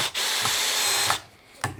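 A drill drives a pocket screw into a poplar face-frame joint, with the clutch lowered from 13 to 11 because the higher setting stripped an earlier screw. A steady high whirring runs until about 1.2 s, then drops away, and a sharp click comes at 1.6 s. The screw strips out again.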